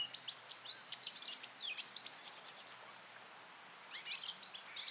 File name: Carduelis carduelis